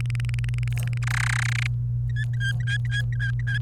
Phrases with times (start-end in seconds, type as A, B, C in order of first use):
0.00-0.98 A, 1.03-1.67 B, 2.09-3.58 C